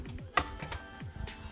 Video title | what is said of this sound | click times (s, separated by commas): How To Build A PC | listen for the click take that same screw that you unscrewed for the cover | 0.4 s, 0.7 s